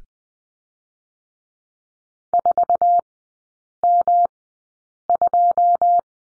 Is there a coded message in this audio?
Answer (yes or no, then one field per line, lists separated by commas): yes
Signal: Morse code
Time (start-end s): 2.3-6.0 s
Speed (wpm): 20 wpm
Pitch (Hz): 700 Hz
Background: none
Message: 4M2